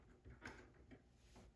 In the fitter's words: Kind of snaps into place down there too.